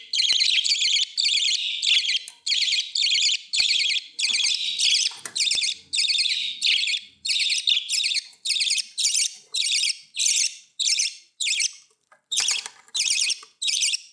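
Budgerigar chirping loudly in rapid buzzy bursts, nearly two per second, forming a continuous chattering sequence with a brief pause near the end.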